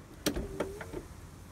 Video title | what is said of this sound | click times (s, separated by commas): 2002 Lexus LS430 - A full tour of the exterior and interior! Watch this if you’re going to buy one! | Don't know if you could hear that, but it automatically pulls the boot back into place. | 0.3 s